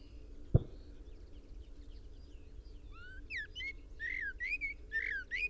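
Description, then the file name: Common blackbird song: faint notes at first, a sharp click, then whistled phrases growing louder over the last few seconds. "Turdus merula"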